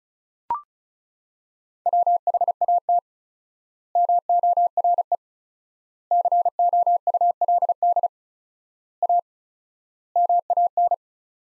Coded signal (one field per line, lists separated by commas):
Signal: Morse code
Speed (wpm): 34 wpm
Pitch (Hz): 700 Hz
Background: none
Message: WHAT MORE COULD A MAN